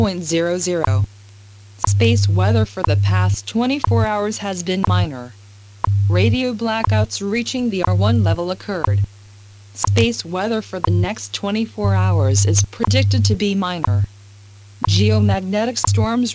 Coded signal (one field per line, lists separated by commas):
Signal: radio time signal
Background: speech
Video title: WWV Space Weather & Radio Blackouts | Signal Phantom